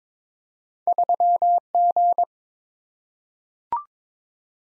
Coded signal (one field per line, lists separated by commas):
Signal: Morse code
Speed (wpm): 22 wpm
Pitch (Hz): 700 Hz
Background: none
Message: 3G